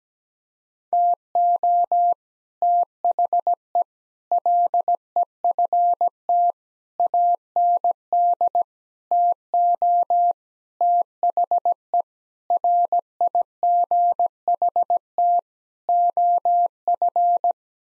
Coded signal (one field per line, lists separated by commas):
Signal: Morse code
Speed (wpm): 17 wpm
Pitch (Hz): 700 Hz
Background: none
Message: TO THE LEFT AND TO THE RIGHT OF